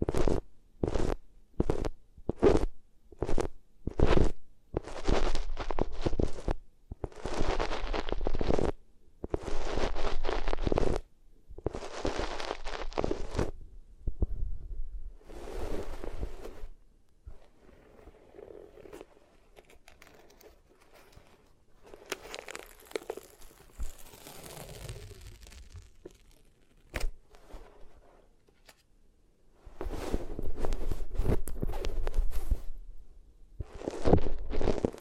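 Rubbing over the ears on different materials, opening with a quick run of short, regular scraping strokes, then longer, fuller rubbing passes. Midway the sound thins to a soft, quieter brushing with a few brighter crinkly bits, before strong rubbing strokes return near the end.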